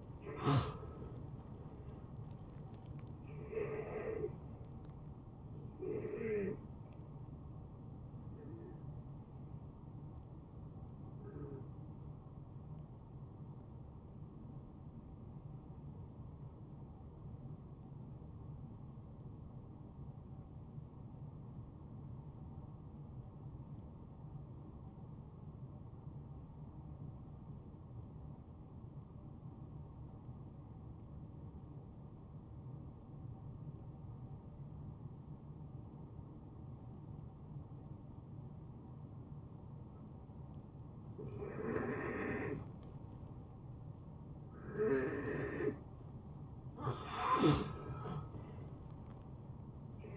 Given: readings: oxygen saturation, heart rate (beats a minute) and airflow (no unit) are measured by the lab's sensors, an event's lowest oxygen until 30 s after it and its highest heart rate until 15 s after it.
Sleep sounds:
breathing in sleep by a smartphone at the bedside; 1
10.00-45.50 s: hypopnea (N2, oxygen 93% highest, then 84% lowest, heart rate 78 at the start, 79 highest)
10.00-50.17 s: new sleep stage, N2 (light sleep)
From the record:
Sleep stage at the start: N1 (lightest sleep); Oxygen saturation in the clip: 79 to 93%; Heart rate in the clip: 59 to 81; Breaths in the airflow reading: 6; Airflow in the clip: -19.6 to 11.3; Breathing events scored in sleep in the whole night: 263 in 5.5 hours asleep

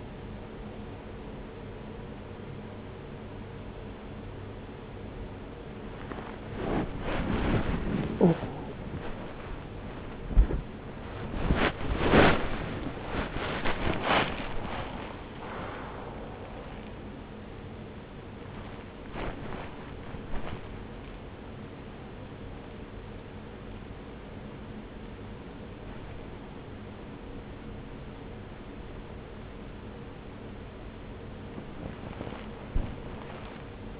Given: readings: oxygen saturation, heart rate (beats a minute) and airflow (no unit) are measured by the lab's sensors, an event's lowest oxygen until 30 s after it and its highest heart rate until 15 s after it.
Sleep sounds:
a person awake in a sleep study, by a voice recorder at the bedside; none
0.00-34.00 s: awake
From the record:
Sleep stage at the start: awake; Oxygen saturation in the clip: 92 to 94%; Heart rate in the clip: 67 to 91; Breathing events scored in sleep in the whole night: 303 in 8.1 hours asleep

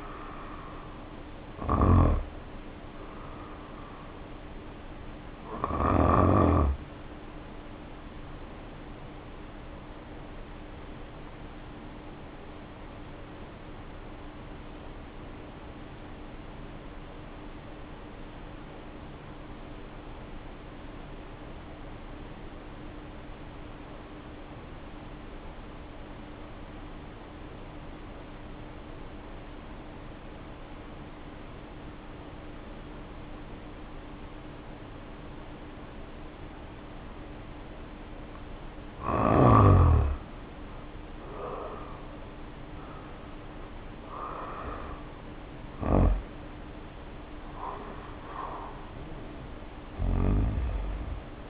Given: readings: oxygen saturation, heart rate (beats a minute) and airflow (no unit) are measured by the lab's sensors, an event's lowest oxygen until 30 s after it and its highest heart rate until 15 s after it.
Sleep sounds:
breathing in sleep by a voice recorder at the bedside; 1
7.00-40.80 s: hypopnea (N1, oxygen 94% highest, then 75% lowest, heart rate 49 at the start, 70 highest)
From the record:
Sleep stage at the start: N1 (lightest sleep); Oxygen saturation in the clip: 74 to 94%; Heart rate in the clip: 47 to 70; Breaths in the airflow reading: 15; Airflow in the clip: -2.4 to 3.3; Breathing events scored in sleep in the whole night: 520 in 7.2 hours asleep

